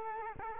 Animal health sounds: mosquito wingbeat signal from an infrared sensor; Culex quinquefasciatus

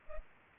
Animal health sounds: mosquito wingbeat signal from an infrared sensor; Culex pipiens

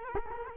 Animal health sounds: mosquito wingbeat signal from an infrared sensor; Culex quinquefasciatus

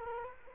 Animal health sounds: mosquito wingbeat signal from an infrared sensor; Culex quinquefasciatus

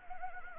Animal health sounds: mosquito wingbeat signal from an infrared sensor; Anopheles arabiensis

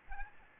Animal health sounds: mosquito wingbeat signal from an infrared sensor; Aedes albopictus

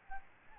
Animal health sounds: mosquito wingbeat signal from an infrared sensor; Aedes albopictus

